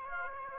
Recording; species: mosquito wingbeat signal from an infrared sensor; Aedes aegypti